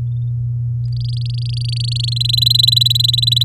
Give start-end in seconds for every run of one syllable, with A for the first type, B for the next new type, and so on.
0.85-2.14 A, 2.16-3.43 B